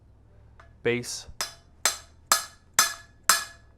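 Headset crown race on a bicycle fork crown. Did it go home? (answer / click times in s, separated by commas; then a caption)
yes / 3.3 s. A headset crown race, part of a 1" threaded to 1 1/8" threadless conversion headset, is tapped down onto a bicycle fork crown with a crown race setting tool and hammer until it bottoms out. Someone talks briefly, then a series of sharp, ringing taps lands at about 1.4, 1.9, 2.3, 2.8 and 3.3 seconds, with the tone changing as the race reaches its base. The crown race seats flush and tight at 3.3 seconds.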